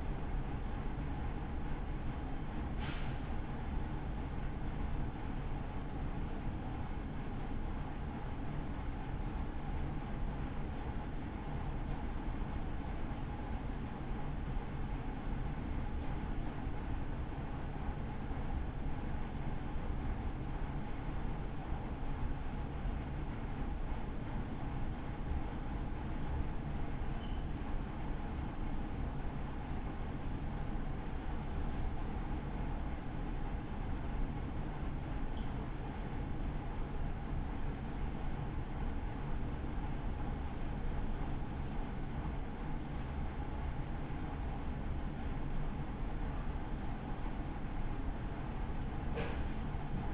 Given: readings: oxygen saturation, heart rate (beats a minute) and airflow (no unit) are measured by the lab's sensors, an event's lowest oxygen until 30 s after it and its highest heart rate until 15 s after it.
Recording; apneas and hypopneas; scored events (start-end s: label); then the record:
a person awake in a sleep study, by a smartphone at the bedside; none
0.00-50.14 s: awake
0.00-50.14 s: awake
From the record:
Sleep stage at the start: awake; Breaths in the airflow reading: 21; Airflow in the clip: -0.8 to 0.6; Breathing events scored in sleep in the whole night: 328 in 6.3 hours asleep